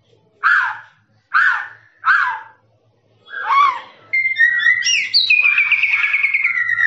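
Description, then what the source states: Lovebird gives three harsh squawks about a second apart, a fourth rougher one, then a long continuous buzzy trill that rises and slowly falls. Long trilling 'ngekek' song used for training birds.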